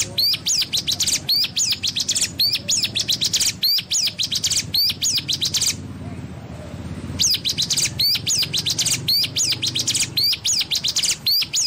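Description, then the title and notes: Streaked spiderhunter song: rapid series of sharp, high arched notes in quick bursts, broken by a short pause midway, then resuming at the same brisk pace. Used for training cage birds; singing actively, clear and long. "Pijantung Gunung Gacor Jernih Panjang. Masteran burung"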